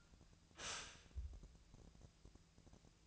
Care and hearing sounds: daily activity, microphone in the room; stop toaster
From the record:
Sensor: 2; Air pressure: 1000.0 hPa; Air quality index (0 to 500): 148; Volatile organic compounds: 2 ppm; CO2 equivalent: 1253 ppm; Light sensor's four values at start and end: 26/65/28/30 and 26/65/28/30

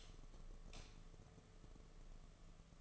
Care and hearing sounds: daily activity, microphone in the room; light off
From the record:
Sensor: 4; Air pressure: 1015.6 hPa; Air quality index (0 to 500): 180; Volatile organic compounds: 8 ppm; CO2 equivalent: 2074 ppm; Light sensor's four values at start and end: 23/56/24/26 and 22/53/22/24

